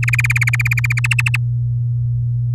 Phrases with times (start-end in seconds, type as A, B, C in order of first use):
0.02-1.00 A, 1.04-1.36 B